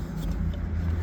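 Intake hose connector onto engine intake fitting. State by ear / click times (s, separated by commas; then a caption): not seated / none. An intake hose connector is being handled onto an engine intake fitting while intake parts are reinstalled after carbon cleaning. A steady low vehicle rumble fills the clip. Nothing has seated or clicked yet.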